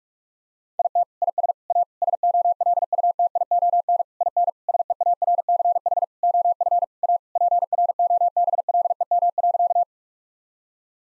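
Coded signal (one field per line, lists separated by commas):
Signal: Morse code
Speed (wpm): 41 wpm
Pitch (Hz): 700 Hz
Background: none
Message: IT IS A SOLUTION IN SEARCH OF A PROBLEM.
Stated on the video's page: Morse drill at 45 wpm of sentences containing common seven-word phrases, sent, spoken, then sent again.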